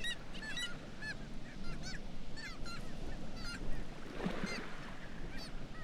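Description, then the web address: Black-legged kittiwakes give repeated nasal, rising-and-falling calls, several birds overlapping throughout, with a continuous deep rumbling background. "Black legged kittiwake. دانلود-صدای-پرنده-کاکایی-پاسیاه"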